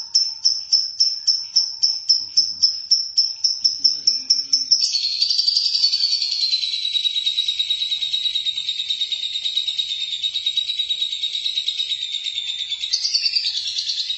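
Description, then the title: Lovebird song: a run of high, evenly spaced chirps for about five seconds, then a long, continuous, buzzy trill that holds steady and swells again near the end. "BM Suara Burung Lovebird"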